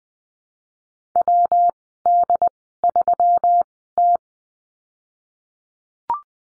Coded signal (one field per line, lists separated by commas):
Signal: Morse code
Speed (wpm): 20 wpm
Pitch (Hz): 700 Hz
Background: none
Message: WD3T